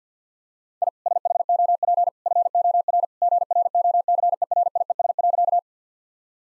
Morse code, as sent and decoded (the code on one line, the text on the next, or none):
.. / ... .... --- .--. / ..-. --- .-. / --. .-. --- -.-. . .-. .. . ... .-.-.-
I SHOP FOR GROCERIES.